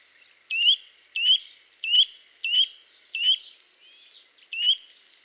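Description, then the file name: Eurasian nuthatch calling, a series of six short, sharp rising notes with a slurred upward twist, the last after a longer gap, in a quiet background. "Sitta europaea"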